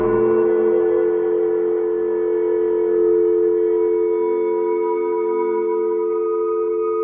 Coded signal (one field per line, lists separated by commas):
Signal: telephone call progress tone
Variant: North America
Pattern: dial tone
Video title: Dial Tone Angel (2023)